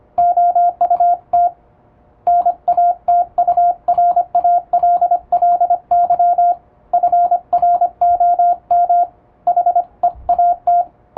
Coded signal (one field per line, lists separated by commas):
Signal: Morse code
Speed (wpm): 25 wpm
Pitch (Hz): 700 Hz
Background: radio noise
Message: OUT NATURALLY FROM HEAT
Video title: モールスを高速に打つには！？エレキーを使用するとモールス符号が高速で打てます！欧文モールス符号を打ってみました！YouTubeの再生速度を調整して聴いてみよう(morse code practice)